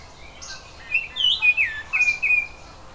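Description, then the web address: Oriole singing a brisk phrase of clear whistled notes that slide up and down, ending in two level whistles, over a faint hiss. "zoology oriole"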